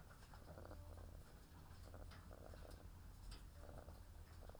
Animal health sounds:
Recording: poultry house recording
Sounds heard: sick chickens (respiratory disease)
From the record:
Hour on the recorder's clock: 13

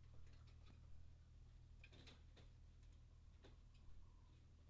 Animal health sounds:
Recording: poultry house recording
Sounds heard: healthy chickens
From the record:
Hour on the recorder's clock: 23

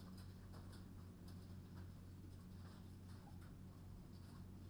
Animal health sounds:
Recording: poultry house recording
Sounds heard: no chicken sound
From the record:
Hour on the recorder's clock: 23

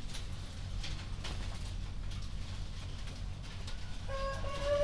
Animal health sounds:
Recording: poultry house recording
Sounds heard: healthy chickens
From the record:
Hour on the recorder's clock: 1

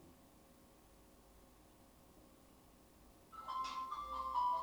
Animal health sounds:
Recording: poultry house recording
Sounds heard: no chicken sound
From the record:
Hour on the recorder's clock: 16

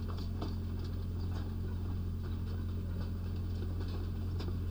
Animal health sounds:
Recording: poultry house recording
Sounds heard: no chicken sound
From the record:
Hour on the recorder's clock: 20

